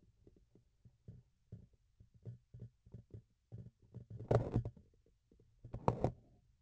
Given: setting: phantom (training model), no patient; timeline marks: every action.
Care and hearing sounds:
laparoscopic instrument, vibration sensor on the handle end; grasping forceps
4.08-4.92 s: forceps opening
5.62-6.41 s: forceps closing
From the record:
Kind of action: tool actuation without material contact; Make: other than Olympus

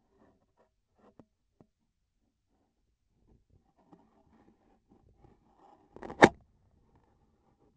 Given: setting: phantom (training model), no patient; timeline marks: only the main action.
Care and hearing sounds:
laparoscopic instrument, vibration sensor on the handle end; scissors
5.89-6.41 s: cutting PTFE tape
From the record:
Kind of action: gesture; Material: PTFE tape

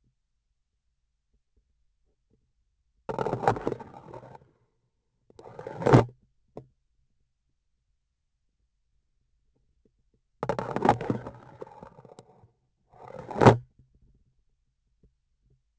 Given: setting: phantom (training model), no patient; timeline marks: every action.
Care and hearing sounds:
laparoscopic instrument, vibration sensor on the handle end; grasping forceps
3.02-4.41 s: insertion through the trocar
5.28-6.13 s: removal through the trocar
10.37-12.47 s: insertion through the trocar
12.85-13.62 s: removal through the trocar
From the record:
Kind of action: spatial motion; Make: other than Olympus

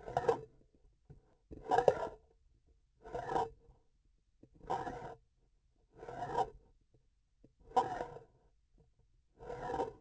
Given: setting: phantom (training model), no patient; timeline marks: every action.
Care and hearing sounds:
laparoscopic instrument, vibration sensor on the handle end; grasping forceps
0.00-0.45 s: approaching movement
1.47-2.36 s: retracting movement
2.95-3.50 s: approaching movement
4.66-5.23 s: retracting movement
5.89-6.52 s: approaching movement
7.65-8.49 s: retracting movement
9.32-9.94 s: approaching movement
From the record:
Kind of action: spatial motion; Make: Olympus

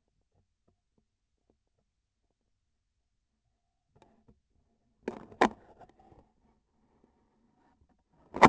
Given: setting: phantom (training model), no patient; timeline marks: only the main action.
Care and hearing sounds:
laparoscopic instrument, vibration sensor on the handle end; scissors
8.23-8.49 s: cutting PTFE tape
From the record:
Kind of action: gesture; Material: PTFE tape

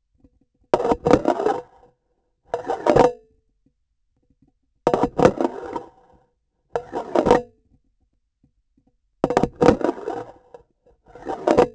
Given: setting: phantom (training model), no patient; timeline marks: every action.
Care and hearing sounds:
laparoscopic instrument, vibration sensor on the handle end; grasping forceps
0.70-1.99 s: insertion through the trocar
2.47-3.64 s: removal through the trocar
4.80-6.00 s: insertion through the trocar
6.71-7.80 s: removal through the trocar
9.20-10.41 s: insertion through the trocar
11.01-11.75 s: removal through the trocar
From the record:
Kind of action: spatial motion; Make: Olympus

